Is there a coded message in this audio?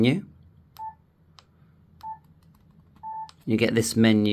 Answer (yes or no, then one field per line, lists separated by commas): no